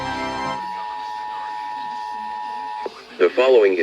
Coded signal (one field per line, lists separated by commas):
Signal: Emergency Alert System (SAME) tones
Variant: 853 and 960 Hz attention tone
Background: speech, music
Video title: (EAS #449 - #456) WENT GOOD UNTIL THE END - EAS Tests from 3/15/22 - 3/16/22